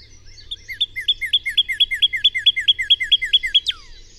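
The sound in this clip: Bird song as a fast, evenly spaced series of bright downslurred chirps, ending in a single sweeping high note.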